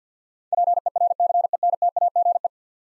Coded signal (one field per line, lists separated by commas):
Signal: Morse code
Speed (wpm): 48 wpm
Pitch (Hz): 700 Hz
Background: none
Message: PERCENTAGE